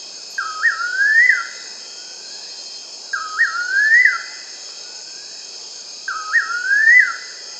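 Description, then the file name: Bird giving a whistled phrase of rising slurred notes, repeated three times about every three seconds, over a steady high hiss. "SABIOD 50 bird 2015"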